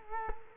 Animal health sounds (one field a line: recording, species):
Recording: mosquito wingbeat signal from an infrared sensor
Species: Culex quinquefasciatus